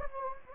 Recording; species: mosquito wingbeat signal from an infrared sensor; Anopheles gambiae